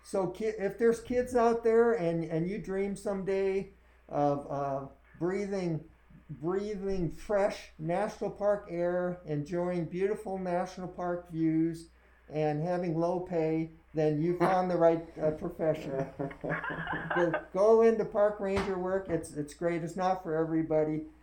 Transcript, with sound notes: So, if there are kids out there, and you dream some day of breathing, breathing fresh, national park air, enjoying beautiful national park views, and having low pay, then you’ve found the right profession. (laughs) Go into park ranger work. It’s great. It’s not for everybody.